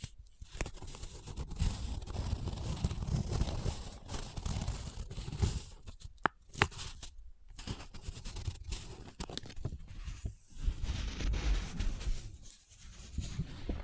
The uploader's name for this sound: Close Up Paper Sounds - Folding, Scratching, Rubbing, Crinkle